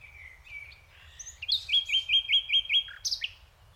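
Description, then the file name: Common nightingale song opening with soft whistles, then a loud series of several repeated rich, throbbing notes and sharp high-pitched ending phrases. "Luscinia megarhynchos"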